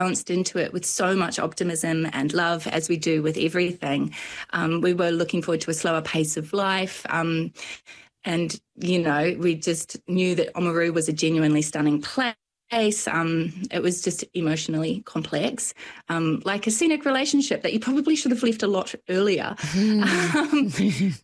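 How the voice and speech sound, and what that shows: One adult woman talks in a relaxed, fluent, conversational way at a medium pitch, with natural pauses and a few filled hesitations like "um". Voice quality is clear, with only slight creak at phrase ends. This is ordinary speech with no sign of a voice disorder.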